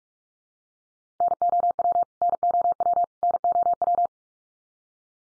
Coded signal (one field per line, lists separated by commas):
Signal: Morse code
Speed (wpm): 45 wpm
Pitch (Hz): 700 Hz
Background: none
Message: NOW NOW NOW